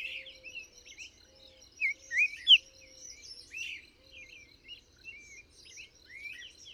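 Bird song: a short burst of bright slurred whistles amid soft, busy twittering and a faint low hum.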